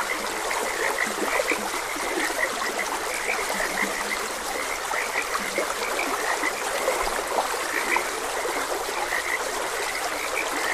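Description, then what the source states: A frog chorus of rapid overlapping croaks continues without pause, mixed with the steady sound of trickling water. Frogs croaking beside a gentle stream.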